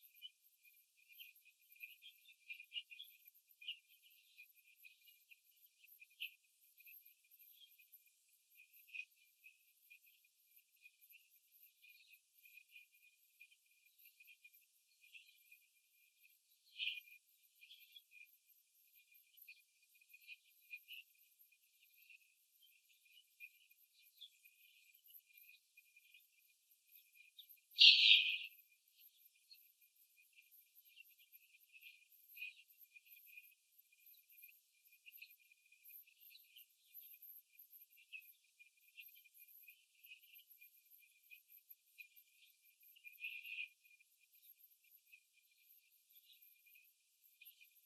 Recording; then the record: young laying hens in a cage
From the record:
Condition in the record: after the stressor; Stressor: simulated dog barking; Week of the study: 3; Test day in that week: 2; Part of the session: 2